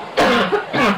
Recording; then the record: coughing mixed with background sound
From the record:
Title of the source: Barking cough - # 10